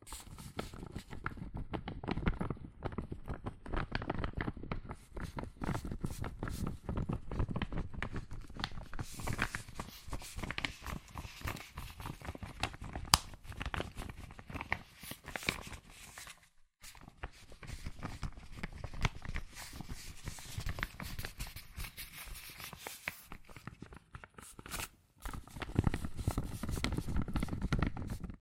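Fast tapping, scratching and tracing on cardboard and paper, a dense stream of quick dry taps and rustling scrapes with no pauses. The activity runs steadily, heavier and deeper near the start and end, with a brief silence around 17 seconds and another near 25.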